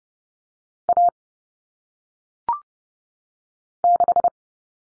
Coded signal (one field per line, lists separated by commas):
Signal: Morse code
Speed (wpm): 30 wpm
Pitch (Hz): 700 Hz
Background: none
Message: A 6